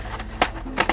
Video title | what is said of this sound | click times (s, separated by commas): Mezco One 12 Collective Friday The 13th Part 3 Jason Figure Review | and it snaps into place actually snaps into place so | 0.4 s